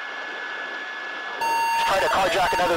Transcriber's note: beeping